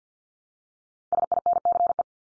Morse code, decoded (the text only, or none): SINCE